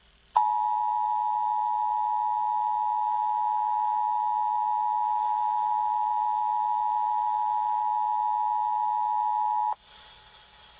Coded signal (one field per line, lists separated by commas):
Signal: Emergency Alert System (SAME) tones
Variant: 853 and 960 Hz attention tone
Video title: Emergency Alert System EAS Required Monthly Test Statewide Test Nebraska KFMT-FM Omaha, NE